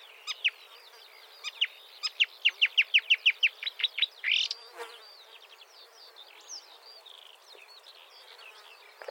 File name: suara kicauan burung marsh warbler. omkicau